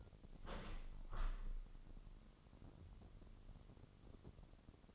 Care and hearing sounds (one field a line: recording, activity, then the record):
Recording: daily activity, microphone in the room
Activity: open window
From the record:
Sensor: 4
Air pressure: 998.8 hPa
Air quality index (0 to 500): 111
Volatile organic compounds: 2 ppm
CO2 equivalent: 1091 ppm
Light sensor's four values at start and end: 10/24/9/10 and 10/24/9/10